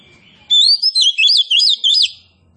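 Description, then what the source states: Oriental magpie-robin singing a rapid run of bright, wavering whistled syllables, several loud pulses in quick succession. Kacer poci, a named variety, described as gacor, singing vigorously.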